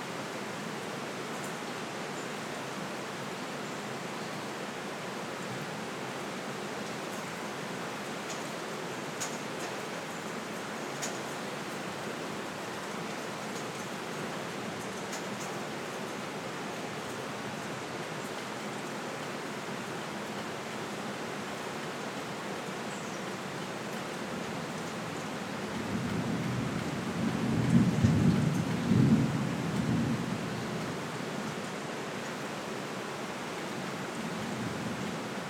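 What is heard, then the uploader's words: A summer storm: steady, dense rain hiss fills the whole clip at an even level, with a few faint ticks of drops. Around 26 to 31 seconds a low rumble of thunder swells up and fades back into the rain. Rain + Thunderstorm Sleep Sounds Meditation. The soothing sounds of a summer storm.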